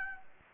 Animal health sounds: mosquito wingbeat signal from an infrared sensor; Anopheles gambiae

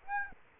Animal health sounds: mosquito wingbeat signal from an infrared sensor; Aedes aegypti

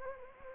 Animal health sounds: mosquito wingbeat signal from an infrared sensor; Anopheles gambiae

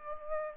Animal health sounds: mosquito wingbeat signal from an infrared sensor; Aedes aegypti

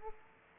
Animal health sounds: mosquito wingbeat signal from an infrared sensor; Aedes aegypti

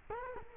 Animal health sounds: mosquito wingbeat signal from an infrared sensor; Culex quinquefasciatus

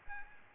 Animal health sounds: mosquito wingbeat signal from an infrared sensor; Aedes albopictus

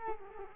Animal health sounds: mosquito wingbeat signal from an infrared sensor; Culex quinquefasciatus

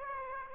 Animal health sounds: mosquito wingbeat signal from an infrared sensor; Aedes aegypti

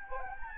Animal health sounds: mosquito wingbeat signal from an infrared sensor; Anopheles gambiae

